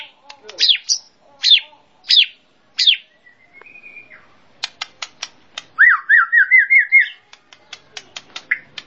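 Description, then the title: Bird song opening with a series of sharp downslurred whistles, then dry ticking clicks and a rapid rippling trill. Described as a complete 'masteran' birdsong compilation. "Kicau Burung Masteran Lengkap"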